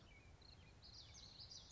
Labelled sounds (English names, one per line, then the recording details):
Common Yellowthroat
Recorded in Sonoma County, California